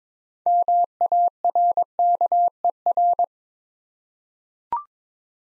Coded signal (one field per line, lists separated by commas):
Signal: Morse code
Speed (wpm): 21 wpm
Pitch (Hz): 700 Hz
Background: none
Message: MARKER